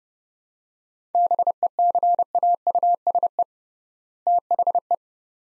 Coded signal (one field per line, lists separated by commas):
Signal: Morse code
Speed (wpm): 31 wpm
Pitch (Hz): 700 Hz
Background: none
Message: BECAUSE THE